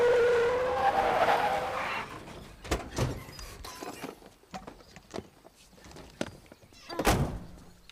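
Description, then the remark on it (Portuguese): In a scene from the European Portuguese dub of Hannah Montana, a car brakes hard, its tires screeching in a high, wavering skid for about two seconds before stopping, followed by a scattering of sharp thumps and clunks, with one loud bang near the end. “Para já o carro, eu quero ir para casa, eu não vou com vocês! Para o carro!”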